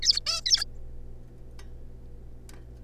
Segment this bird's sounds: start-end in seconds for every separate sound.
0.02-0.20, 0.26-0.41, 0.46-0.65